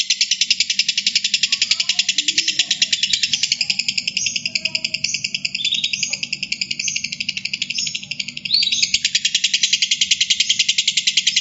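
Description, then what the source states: Lovebird chattering song: harsh, shrill pulses in a fast steady run, carrying on throughout with slight pauses, plus faint low hum underneath. Lovebird heard in a singing style the source calls konslet.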